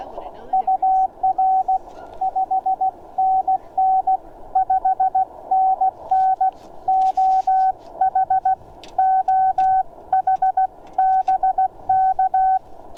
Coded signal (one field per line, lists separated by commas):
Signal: Morse code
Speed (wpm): 16 wpm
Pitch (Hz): 760 Hz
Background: speech, radio noise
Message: UR 5NN 5NN OH OH BK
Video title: MTR-3B V4 First Look! POTA CW QRP Activation & Live QSOs